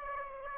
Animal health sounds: mosquito wingbeat signal from an infrared sensor; Aedes aegypti

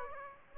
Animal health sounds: mosquito wingbeat signal from an infrared sensor; Aedes aegypti

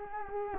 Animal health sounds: mosquito wingbeat signal from an infrared sensor; Culex quinquefasciatus

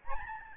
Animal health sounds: mosquito wingbeat signal from an infrared sensor; Aedes albopictus

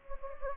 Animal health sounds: mosquito wingbeat signal from an infrared sensor; Anopheles gambiae

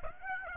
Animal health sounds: mosquito wingbeat signal from an infrared sensor; Aedes aegypti

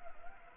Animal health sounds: mosquito wingbeat signal from an infrared sensor; Anopheles arabiensis

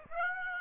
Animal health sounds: mosquito wingbeat signal from an infrared sensor; Aedes aegypti

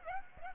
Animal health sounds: mosquito wingbeat signal from an infrared sensor; Aedes aegypti

